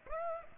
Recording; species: mosquito wingbeat signal from an infrared sensor; Aedes aegypti